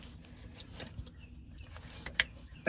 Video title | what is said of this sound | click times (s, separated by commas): 2023 Volvo XC90 Front/Rear Differential and Haldex/AWD system Fluid Change. | see I hear that snap | 2.2 s